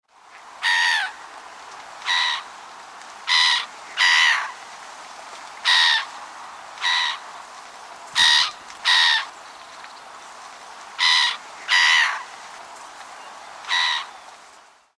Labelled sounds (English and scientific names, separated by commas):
Black-headed Gull (Chroicocephalus ridibundus)